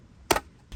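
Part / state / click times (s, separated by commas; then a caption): plastic hood onto cordless vacuum floor tool head / seated / 0.3 s. The plastic hood is refitted over the floor tool head of a Dyson V6/DC59 cordless vacuum cleaner, during a repair for a brush bar that is not spinning, and struck by hand. It gives a sharp snap at 0.3 s as it clicks into place, and a softer thud follows at 0.7 s. The hood is seated.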